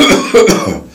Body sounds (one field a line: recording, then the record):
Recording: coughing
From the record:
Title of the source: Spring Cold Coughing 3